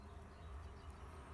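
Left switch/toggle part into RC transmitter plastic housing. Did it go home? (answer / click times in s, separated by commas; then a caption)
no / none. While reassembling the plastic case of a Jumper T8SG Plus RC drone transmitter that is being fixed after being bricked, the left-side part, likely a switch or toggle assembly, is being handled and pressed toward the housing. Only a steady low rumble with faint high tones is heard, with no sharp sounds. Nothing has seated or clicked into place yet.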